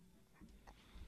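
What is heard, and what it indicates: A brief, low rumbling gurgle lasting about a second, with two short squeaky bursts in the middle. These are ordinary bowel sounds (borborygmi), an adult's stomach growling from a hunger pang brought on by talking about food, heard through a room microphone with faint background hum.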